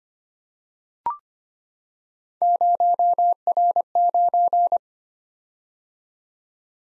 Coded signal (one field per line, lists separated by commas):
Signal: Morse code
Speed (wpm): 25 wpm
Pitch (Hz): 700 Hz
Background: none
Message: 0R9